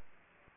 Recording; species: mosquito wingbeat signal from an infrared sensor; Culex pipiens